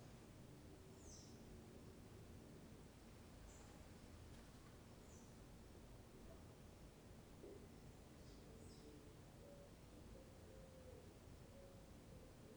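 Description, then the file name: Pigeon faint low coos, mostly in the second half, with a few scattered high bird chirps over steady low background noise. Recorded in the afternoon inside a bathroom at a small rural farm (chácara), with other birds also present. "Ambiente dentro de banheiro em chacara pombo passaros tarde"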